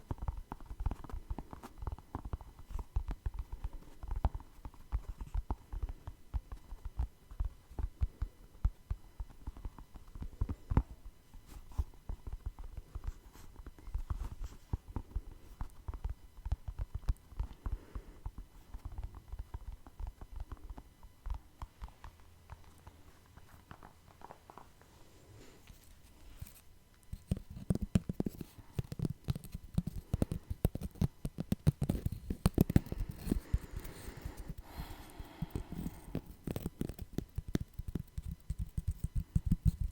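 Dense, irregular tapping runs throughout with sharp low knocks, easing around 20–26 seconds, then returning busier and brighter with scratchy hiss.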